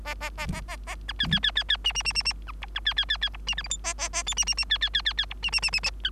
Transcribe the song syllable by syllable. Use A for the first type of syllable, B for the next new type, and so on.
A A A A A A B C C C C C D D D D D B E B C C C C E D F G H A A A I D D D C C C C C E D D D D D C